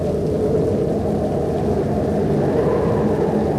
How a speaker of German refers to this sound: Ein fieser Wind bläst uns ins Gesicht. Es ist kalt, der Regen vermischt sich mit Schnee. Unsere Schuhe finden kaum Halt im Schlamm. Das typische Verdun-Wetter, wie damals.